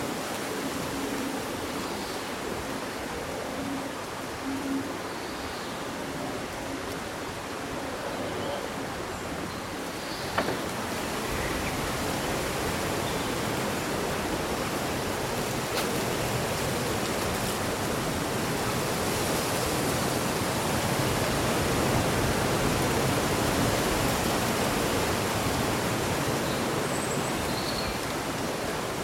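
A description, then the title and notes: Leaves rustle in a breeze as a dense, steady hiss that swells a little after the first ten seconds and stays full to the end. A few faint, high bird chirps surface now and then, and a single sharp tick sounds around ten seconds. Breezy Summer Day Rustling Leaves and Birdsong.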